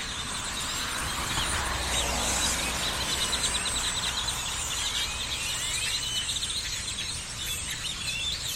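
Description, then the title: Birds chatter in a restless flock, overlapping squeals and short whistles at a steady pace, with quiet rumbling background noise. Birds perched on electrical lines, Austin, Texas, USA, January 2012; binaural, made while cycling through the USA. "Birds on electrical lines - Binaural field recording, Austin, Texas, 01 2012"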